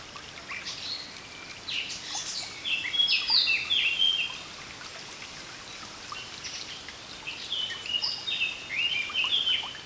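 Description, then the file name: Eurasian blackcap song: two warbling phrases of quick varied notes, a few seconds apart, over steady background noise. "Sylvia atricapilla"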